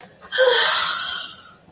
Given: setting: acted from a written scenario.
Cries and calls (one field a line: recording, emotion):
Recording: vocal sound without words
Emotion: ecstasy